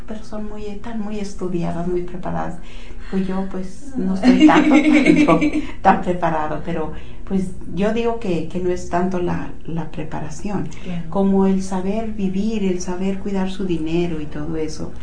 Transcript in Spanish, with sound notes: dijo, “pero son tan muy estudiadas, muy preparadas. Pues yo pues no estoy tanto”, (risas) dijo, “tan preparado”. Pero pues yo digo que no es tanto la preparación como el saber vivir, el saber cuidar su dinero y todo eso.